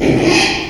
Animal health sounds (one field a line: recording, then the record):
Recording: squeal of a Yucatan mini pig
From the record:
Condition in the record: after surgery on the right vocal fold (resection and tissue-engineered implant)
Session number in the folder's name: 2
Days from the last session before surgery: 13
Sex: male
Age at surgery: 12 weeks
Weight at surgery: 13 kg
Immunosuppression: cyclosporine, prednisolone